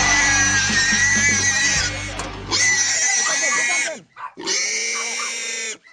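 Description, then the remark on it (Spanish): Pigs squeal loudly in long, shrill, high-pitched bursts with a short break before a final drawn-out squeal, while low rumbling grunts sit beneath the first couple of seconds. “en 1984 iniciamos la crianza y comercialización de cerdos, los que hoy son distribuidos bajo la marca Super Cerdo.”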